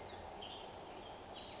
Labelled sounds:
Western Tanager (Piranga ludoviciana)
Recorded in Sonoma County, California

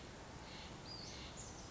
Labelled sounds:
Western Flycatcher (Empidonax difficilis)
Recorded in Sonoma County, California

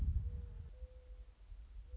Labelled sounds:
Mourning Dove (Zenaida macroura)
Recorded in Sonoma County, California

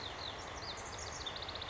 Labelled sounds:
House Wren (Troglodytes aedon)
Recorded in Sonoma County, California

